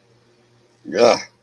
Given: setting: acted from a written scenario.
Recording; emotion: vocal sound without words; disgust